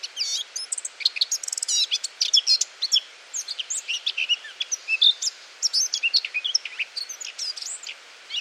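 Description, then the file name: Eurasian blackcap giving a busy, continuous warble of quick chirps, slurred whistles and twittering notes throughout, with light background hiss. "Sylvia atricapilla"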